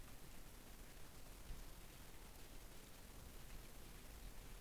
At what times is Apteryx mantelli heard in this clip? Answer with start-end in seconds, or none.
none